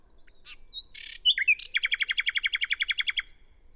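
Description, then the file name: Common nightingale song: a few varied whistles and a rasping note, then a rapid run of many loud, identical down-slurred notes repeated evenly, ending with a high whistle. "Luscinia megarhynchos"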